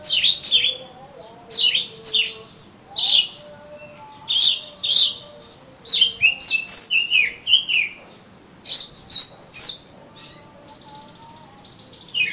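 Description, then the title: Oriental magpie-robin song: varied phrases of bright whistles and chips, given steadily with short gaps. "Kacer Kacer"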